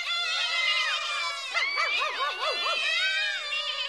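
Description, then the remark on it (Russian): Several voices imitate cats meowing and goats bleating at once, a loud overlapping chorus of high, drawn-out cries that turn into a quavering, bleating warble midway. “Вы зачем кричите козой, Шпунтик?”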